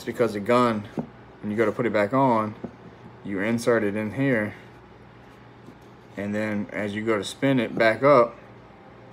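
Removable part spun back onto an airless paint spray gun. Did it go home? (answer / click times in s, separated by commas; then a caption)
no / none. A removable part is inserted into a Titan Maxum Elite airless paint spray gun and is about to be spun back on. Someone talks in several bursts over a faint steady background. The clip ends before the part goes home, so nothing has seated or clicked yet.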